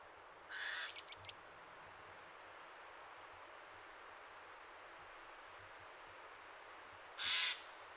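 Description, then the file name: Eurasian jay calls twice, harsh rasping screeches near the start and end, separated by about six seconds of quiet with a few soft clicks after the first. "Garrulus glandarius"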